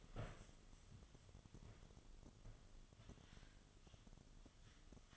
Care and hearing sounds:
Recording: daily activity, microphone in the room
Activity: stand up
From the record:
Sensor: 4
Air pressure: 1005.9 hPa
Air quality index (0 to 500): 90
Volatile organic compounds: 2 ppm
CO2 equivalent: 1119 ppm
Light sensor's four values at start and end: 13/29/11/10 and 13/29/11/10

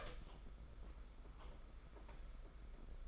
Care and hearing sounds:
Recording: daily activity, microphone in the room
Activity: open door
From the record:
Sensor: 5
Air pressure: 991.8 hPa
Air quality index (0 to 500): 133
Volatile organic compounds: 80 ppm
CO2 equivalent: 3610 ppm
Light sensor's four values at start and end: 33/110/41/44 and 33/110/41/44

